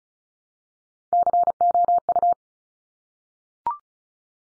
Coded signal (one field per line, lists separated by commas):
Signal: Morse code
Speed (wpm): 36 wpm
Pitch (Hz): 700 Hz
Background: none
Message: COU